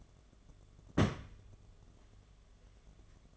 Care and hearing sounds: daily activity, microphone in the room; place on stove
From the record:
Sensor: 4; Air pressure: 1011.2 hPa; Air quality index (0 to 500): 142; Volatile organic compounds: 3 ppm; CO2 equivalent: 1450 ppm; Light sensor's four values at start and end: 203/528/223/233 and 207/539/228/238

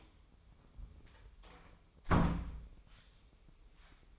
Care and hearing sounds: daily activity, microphone in the room; close door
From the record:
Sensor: 1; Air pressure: 1005.0 hPa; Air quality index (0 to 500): 90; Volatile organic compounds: 2 ppm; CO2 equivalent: 1224 ppm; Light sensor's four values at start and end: 10/25/10/10 and 10/24/9/10

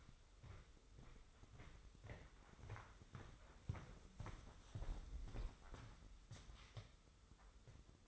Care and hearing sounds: daily activity, microphone in the room; walk to room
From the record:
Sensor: 3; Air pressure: 995.4 hPa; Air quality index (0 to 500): 83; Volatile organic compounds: 7 ppm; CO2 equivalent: 2014 ppm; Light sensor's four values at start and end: 27/82/34/30 and 26/79/33/29

